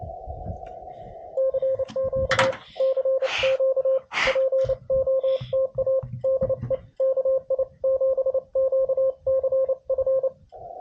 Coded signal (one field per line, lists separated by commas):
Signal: Morse code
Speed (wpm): 28 wpm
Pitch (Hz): 530 Hz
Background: radio noise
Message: CQ CQ POTA DE KI7QCF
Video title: A Straight Key, Bug and Paddle walk into a POTA